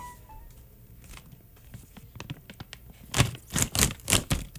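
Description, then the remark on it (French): Sturdy, eco-friendly product packaging being torn open: a few soft clicks and crinkles, then four or five loud, rasping rips in quick rhythmic succession, with no talking. “c'est le moment d'ouvrir l'emballage”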